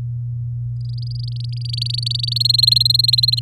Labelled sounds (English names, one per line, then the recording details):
Domestic Canary song
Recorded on 7 May 2018 at 19:44
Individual llb16